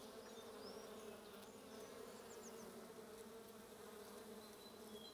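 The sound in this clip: Bees buzzing in a steady, low, droning hum that holds even throughout, with a few faint high bird chirps in the background.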